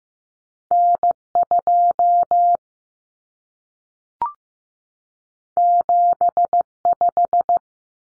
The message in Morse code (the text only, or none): N2 75